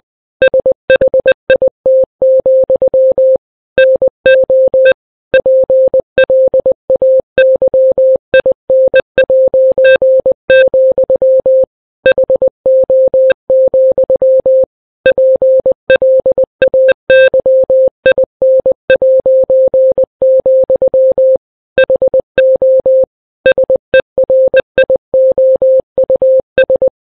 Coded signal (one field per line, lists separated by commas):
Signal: Morse code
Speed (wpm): 20 wpm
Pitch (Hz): 520 Hz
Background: none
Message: SHIT, NO PLAYIN', HO, PLAYIN', HO SERIOUS